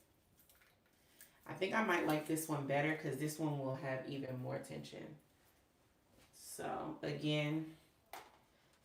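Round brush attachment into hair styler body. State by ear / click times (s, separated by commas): seated / 8.1 s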